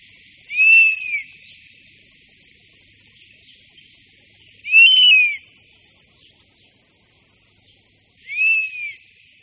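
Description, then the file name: European honey buzzard whistled calls, three arched, plaintive notes rising then falling, spaced about four seconds apart over a steady high hiss. "Včelojed-lesní"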